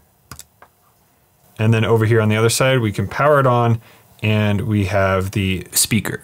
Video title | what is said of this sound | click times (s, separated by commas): Never Miss a Moment With the Insta360 ONE X2 360 Camera | now we can just simply lock that back into place | 0.3 s